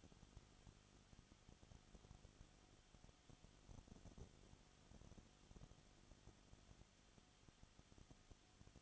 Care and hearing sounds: daily activity, microphone in the room; no activity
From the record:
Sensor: 4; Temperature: 22.7 degrees Celsius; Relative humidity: 31.7%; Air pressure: 995.4 hPa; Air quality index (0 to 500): 158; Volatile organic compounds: 2 ppm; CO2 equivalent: 1252 ppm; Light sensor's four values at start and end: 2/3/1/1 and 2/3/1/1

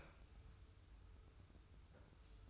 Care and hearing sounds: daily activity, microphone in the room; open fridge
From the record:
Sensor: 2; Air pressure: 990.9 hPa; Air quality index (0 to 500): 125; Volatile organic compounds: 110 ppm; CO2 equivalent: 3818 ppm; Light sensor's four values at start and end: 24/57/23/23 and 24/57/23/23

